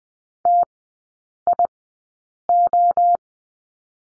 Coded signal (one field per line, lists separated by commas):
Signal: Morse code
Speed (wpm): 20 wpm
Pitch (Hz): 700 Hz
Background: none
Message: TIO